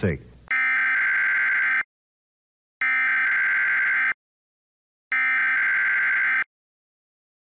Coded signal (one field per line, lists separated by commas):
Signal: Emergency Alert System (SAME) tones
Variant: header bursts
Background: speech